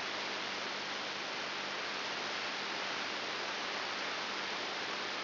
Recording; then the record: brain microelectrode recording played as sound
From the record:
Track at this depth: inside the subthalamic nucleus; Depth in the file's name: 6.901 mm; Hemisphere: left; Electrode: 3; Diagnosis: Parkinson's disease